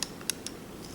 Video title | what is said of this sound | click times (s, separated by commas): Weed Raker Tutorial: How to Put Together a Weed Raker | and wait to hear the click again | 0.3 s